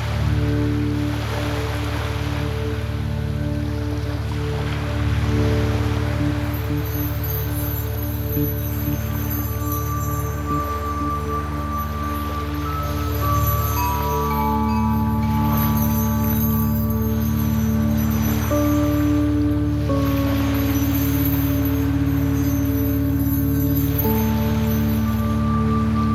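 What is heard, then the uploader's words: Soft chimes ring out in sustained, overlapping tones above a steady low rumble and constant watery hiss, with bright shimmers recurring throughout. Soft Chimes and Waves.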